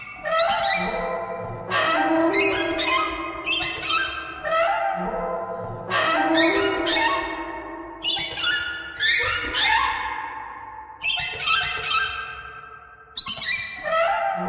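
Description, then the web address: Bird squawking: harsh, rasping calls with sharp starts, given in irregular bursts of several every second or two throughout. "soundfactory birds"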